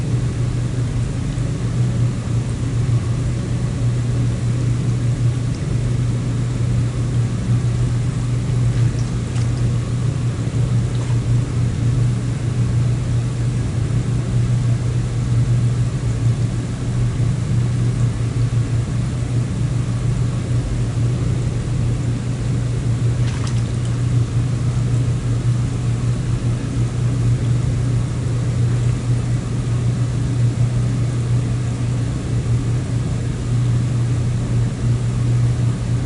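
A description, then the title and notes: A churning motor drives jets gushing underwater, making a steady, dense rush with a strong low hum that holds the same level throughout. A few faint, brief ticks surface around nine, eleven and twenty-three seconds, but the gushing drone never changes. J - Jacuzzi Suite. The relaxing sounds of the jet streams gushing air underwater. The bubbles that rise and softly pop on the surface. The calming white noise hum of the churning motor.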